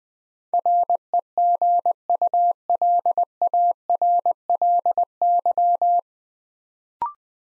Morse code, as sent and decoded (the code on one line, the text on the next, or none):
.-. . --. ..- .-.. .- .-. .-.. -.--
REGULARLY